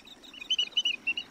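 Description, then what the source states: Grey-tailed tattler calls: a quick run of short, bright whistled notes, the louder ones in pairs. Chiba Prefecture, Japan.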